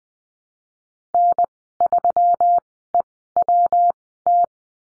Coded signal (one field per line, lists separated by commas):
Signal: Morse code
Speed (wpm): 20 wpm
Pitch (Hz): 700 Hz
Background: none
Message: N3EWT